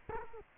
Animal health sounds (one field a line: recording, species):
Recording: mosquito wingbeat signal from an infrared sensor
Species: Culex quinquefasciatus